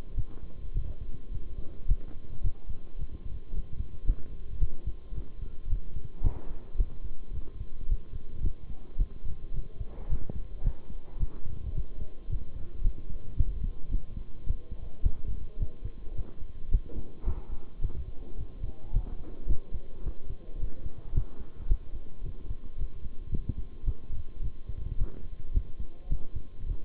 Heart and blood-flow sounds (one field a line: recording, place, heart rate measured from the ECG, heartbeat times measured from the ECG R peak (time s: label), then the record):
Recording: heart sounds by stethoscope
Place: between the tricuspid and mitral areas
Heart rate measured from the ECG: 109 bpm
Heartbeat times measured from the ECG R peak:
0.16 s: heartbeat
0.74 s: heartbeat
1.31 s: heartbeat
1.87 s: heartbeat
2.43 s: heartbeat
2.98 s: heartbeat
3.53 s: heartbeat
4.06 s: heartbeat
4.60 s: heartbeat
5.15 s: heartbeat
5.69 s: heartbeat
6.23 s: heartbeat
6.78 s: heartbeat
7.33 s: heartbeat
7.88 s: heartbeat
8.43 s: heartbeat
8.98 s: heartbeat
9.53 s: heartbeat
10.09 s: heartbeat
10.64 s: heartbeat
11.19 s: heartbeat
11.75 s: heartbeat
12.29 s: heartbeat
12.83 s: heartbeat
13.37 s: heartbeat
13.91 s: heartbeat
14.46 s: heartbeat
15.02 s: heartbeat
15.59 s: heartbeat
16.15 s: heartbeat
16.70 s: heartbeat
17.25 s: heartbeat
17.81 s: heartbeat
18.37 s: heartbeat
18.93 s: heartbeat
19.48 s: heartbeat
20.03 s: heartbeat
20.59 s: heartbeat
21.14 s: heartbeat
21.68 s: heartbeat
22.23 s: heartbeat
22.78 s: heartbeat
23.31 s: heartbeat
23.86 s: heartbeat
24.42 s: heartbeat
24.97 s: heartbeat
25.53 s: heartbeat
26.09 s: heartbeat
26.66 s: heartbeat
From the record:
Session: bicycle stress test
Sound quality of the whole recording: good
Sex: male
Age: 23 years